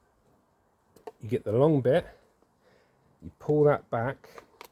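A long lance extension is being fitted to a battery jet wash gun, with the collar pulled back, while someone talks over a few brief faint handling taps. The clip ends before the lance is pushed home, so nothing has seated or clicked yet.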